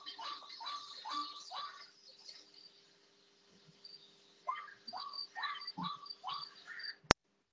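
White-breasted Waterhen giving rapid, repeated harsh notes in two bursts separated by a lull, ending with a sharp click.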